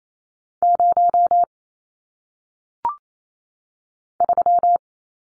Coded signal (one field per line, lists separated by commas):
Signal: Morse code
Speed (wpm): 28 wpm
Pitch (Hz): 700 Hz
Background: none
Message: 0 3